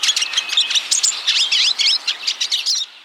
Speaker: the chatter of hungry pine siskins at a thistle feeder.